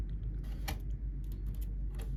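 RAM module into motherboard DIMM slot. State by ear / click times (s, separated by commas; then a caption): not seated / none. A DDR4 RAM module is pressed into a motherboard DIMM slot by phone flashlight, producing a few faint scrapes and taps over a steady low hum. The retention clips do not snap, and nothing has seated or clicked yet.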